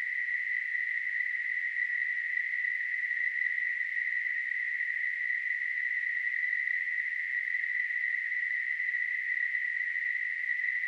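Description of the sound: A steady, unbroken band of hissing noise centred near 2 kHz, with a faint echo an octave higher, holds evenly for about eleven seconds with no rhythm or pauses. This is a simulated tinnitus sound, imitating a constant ringing or hissing heard in the ear.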